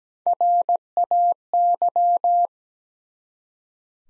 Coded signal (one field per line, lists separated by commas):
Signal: Morse code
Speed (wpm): 17 wpm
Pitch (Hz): 700 Hz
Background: none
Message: RAY